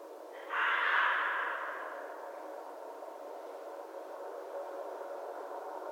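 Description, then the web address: Red fox uttering a single loud, rasping call that fades out, followed by quiet background hiss. Recorded on 11 January 2012. "Red Fox 2012 01 11 Red Fox long"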